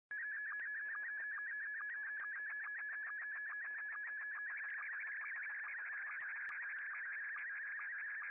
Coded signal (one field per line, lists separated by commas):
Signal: SSTV (slow-scan television)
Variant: Scottie 1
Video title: SSTV from Japan - JA5CU